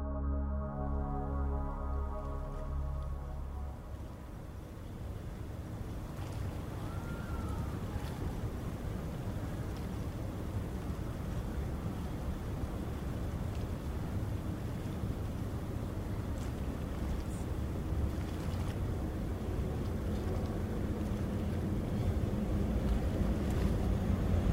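A waterfront scene dominated by a low, steady rumble of ferry engines, with a pitched drone in the first few seconds that fades out. The murmur stays dense and even throughout, with a brief rising tone near seven seconds and a few faint clicks later.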